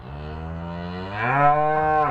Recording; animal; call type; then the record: contact call of a hoofed animal; cattle; low-frequency (closed-mouth) or high-frequency (open-mouth) call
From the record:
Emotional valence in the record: negative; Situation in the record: separation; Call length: 2.1 s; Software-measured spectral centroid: 1160 Hz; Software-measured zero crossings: 1380 a second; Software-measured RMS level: -22 dBFS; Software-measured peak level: -5 dBFS